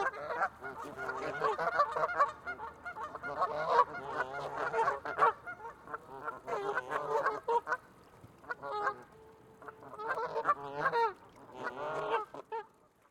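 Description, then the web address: Goose gaggle calling, bursts of nasal honks trading back and forth, with short quieter pauses between rapid exchanges. Excited gaggle of geese vocalising in call and response, recorded close. "344 Audio - Geese BIRDFowl Excited gaggle vocals, call response, close 344 Audio Geese"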